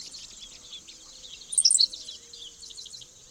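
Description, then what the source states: Henslow's Sparrow song, a brief sharp high 'silik' in the middle, over a steady high background hiss. Lone male in a vast tall-grass prairie on an August morning, flying from perch to perch before settling.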